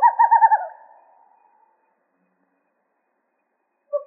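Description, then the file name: Western screech owl giving one short, quick run of pulsed hoots that trails off, then silence until a single note begins at the end. Recorded in Arizona on January 7, 2006. "WESO 3 D deviche"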